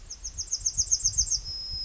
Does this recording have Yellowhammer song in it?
yes